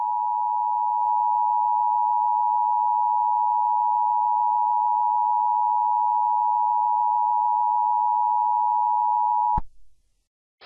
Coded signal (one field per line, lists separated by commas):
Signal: Emergency Alert System (SAME) tones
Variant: 853 and 960 Hz attention tone